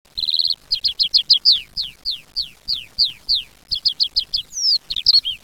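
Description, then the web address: Lark song: a short buzzy opening note, then a brisk run of clear, high notes, each sliding downward, ending in quicker notes and a short flourish. "sons alouette"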